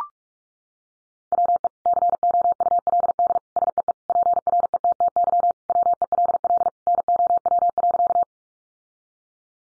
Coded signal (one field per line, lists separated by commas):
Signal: Morse code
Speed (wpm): 44 wpm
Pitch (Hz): 700 Hz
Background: none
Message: WE COULD SEE PRETTY WELL NOW.